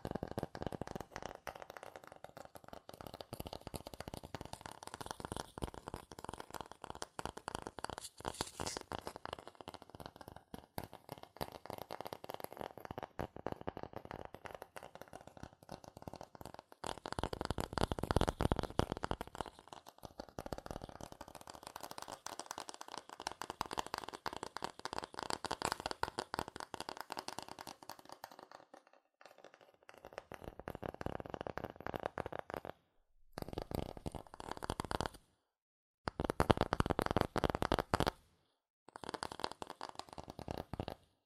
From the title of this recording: Fast CardboardPaper Tapping, Scratching, Tracing Sounds